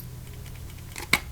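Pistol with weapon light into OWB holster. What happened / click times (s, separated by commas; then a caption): The gun clicked into the holster retention / 1.1 s. A light-bearing pistol is pushed into a polymer Tenicor ARX LUX OWB holster over a low steady hum, with a faint contact sound at 1.0 s. The holster retention engages with a soft, sharp click at 1.1 s, and the pistol is seated with a rock-solid fit.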